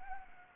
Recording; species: mosquito wingbeat signal from an infrared sensor; Anopheles gambiae